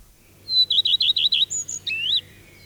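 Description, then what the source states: Common Redstart song: a high whistled opening note, then a quick series of repeated clear notes, ending in a short varied twittering flourish. Faint, clear song heard on an evening trip to a pine heath; recorded by Jan-Erik Bruun.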